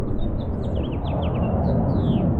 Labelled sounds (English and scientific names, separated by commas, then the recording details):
House Finch (Haemorhous mexicanus) song
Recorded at Woodmere on Long Island, New York, on 11 June 1975
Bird D